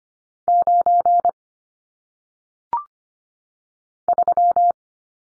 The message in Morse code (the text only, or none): 9 3